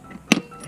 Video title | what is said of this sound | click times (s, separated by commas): How to Open Scooter Seat with Key | that's a click sound. Open. | 0.3 s